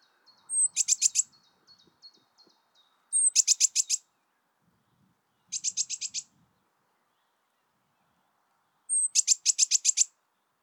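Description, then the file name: Eurasian blue tit calling: four bursts of rapid, buzzy scolding notes, three of them opened by a thin high note, with faint soft chips between the first two. "Cyanistes caeruleus"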